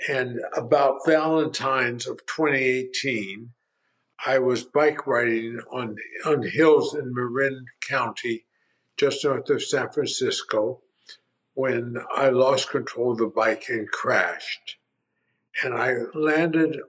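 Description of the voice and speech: A 76-year-old left-handed man, a neurologist, narrates in connected phrases broken by frequent pauses. His vowels are heavily nasal, some sounds are drawn out, a word is repeated, and his voice turns creaky in places. These signs fit a mild dysarthria related to his progressive neurologic disease.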